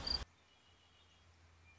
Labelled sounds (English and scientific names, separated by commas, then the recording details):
Red-winged Blackbird (Agelaius phoeniceus)
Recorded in Sonoma County, California